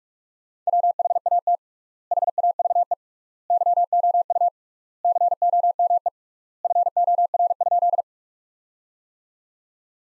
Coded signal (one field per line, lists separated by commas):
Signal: Morse code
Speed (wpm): 46 wpm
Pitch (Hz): 700 Hz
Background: none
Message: WHAT HAVE YOU COME FOR?